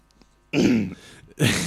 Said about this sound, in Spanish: Has pronunciado Navarra y he tenido que toser.